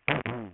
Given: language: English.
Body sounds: throat vibration sensor signal played as sound; throat clearing

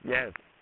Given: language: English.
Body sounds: throat vibration sensor signal played as sound; speech

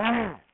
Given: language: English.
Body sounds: throat vibration sensor signal played as sound; throat clearing

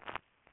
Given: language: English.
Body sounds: throat vibration sensor signal played as sound; swallow

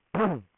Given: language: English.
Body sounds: throat vibration sensor signal played as sound; throat clearing

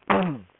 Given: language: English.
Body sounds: throat vibration sensor signal played as sound; throat clearing

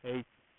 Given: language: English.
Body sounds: throat vibration sensor signal played as sound; speech

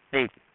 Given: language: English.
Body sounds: throat vibration sensor signal played as sound; speech

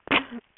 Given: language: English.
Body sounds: throat vibration sensor signal played as sound; cough

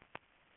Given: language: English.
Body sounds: throat vibration sensor signal played as sound; swallow

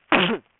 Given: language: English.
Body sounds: throat vibration sensor signal played as sound; cough

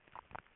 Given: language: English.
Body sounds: throat vibration sensor signal played as sound; swallow

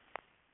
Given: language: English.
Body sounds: throat vibration sensor signal played as sound; swallow

